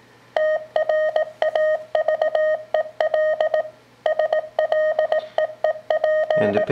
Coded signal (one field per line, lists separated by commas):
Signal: Morse code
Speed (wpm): 18 wpm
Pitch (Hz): 620 Hz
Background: none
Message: TRAVEL SLEEP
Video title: Ways to practice your CW copy